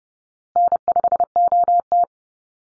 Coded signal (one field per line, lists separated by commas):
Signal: Morse code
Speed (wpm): 30 wpm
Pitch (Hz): 700 Hz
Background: none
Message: N5OT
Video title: Easy Call Signs Repeated 3x 30wpm